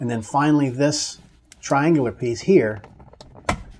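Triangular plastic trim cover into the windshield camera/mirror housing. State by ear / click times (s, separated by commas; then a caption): seated / 3.5 s. On a Model 3 Highland, after the front cameras are cleaned, a triangular plastic trim cover near the rear-view mirror is pressed back onto the windshield camera/mirror housing at the headliner, point in toward the mirror first, then the other side popped in. Someone talks, then a few faint ticks lead into a single sharp click at 3.5 s as the cover seats into place.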